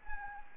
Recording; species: mosquito wingbeat signal from an infrared sensor; Anopheles gambiae